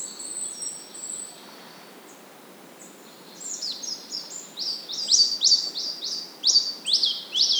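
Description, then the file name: Marsh tit calls: thin high whistles early, then a run of sharp, descending high chips repeated quickly and growing louder toward the end. "Poecile palustris"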